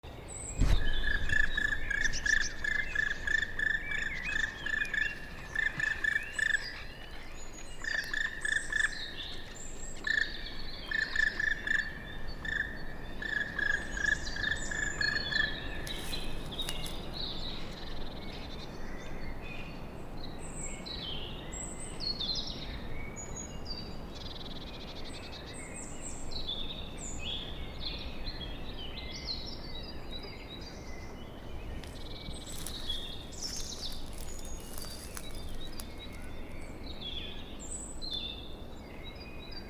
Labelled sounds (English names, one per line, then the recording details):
Black Woodpecker flight call
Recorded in the wild
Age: adult
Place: Bernau bei Berlin, Forst Bernau, Brandenburg, DE
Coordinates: 52.695, 13.5233
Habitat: wood
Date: 2007-04-07 19:24
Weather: heiter, 10°C, mäßiger Wind
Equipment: Sound Devices 702, Sennheiser MKH 70, Windkorb
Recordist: Frommolt, Karl-Heinz